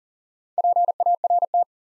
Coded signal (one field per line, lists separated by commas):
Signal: Morse code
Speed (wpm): 40 wpm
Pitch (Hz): 700 Hz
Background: none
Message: PART